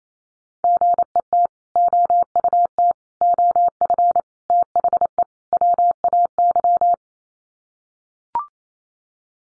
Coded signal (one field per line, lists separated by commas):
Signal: Morse code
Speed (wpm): 28 wpm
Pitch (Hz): 700 Hz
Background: none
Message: GET OUT OF THE WAY